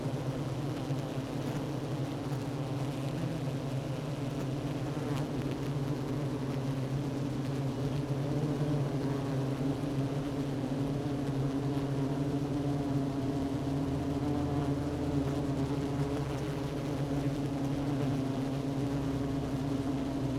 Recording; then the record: honeybee colony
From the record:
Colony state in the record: active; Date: 12 June 2018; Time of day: 10:40